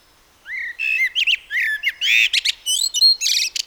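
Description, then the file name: Common blackbird singing a mellow, whistled warble that climbs and dips, followed by a rapid run of thin, high squeaks and chattering twitter. "Turdus merula"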